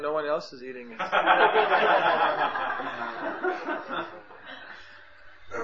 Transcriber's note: devotees laughing